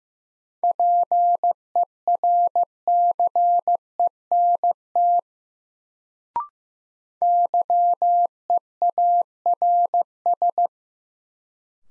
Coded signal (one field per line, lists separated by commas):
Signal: Morse code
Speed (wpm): 16 wpm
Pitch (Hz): 700 Hz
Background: none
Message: PERCENT YEARS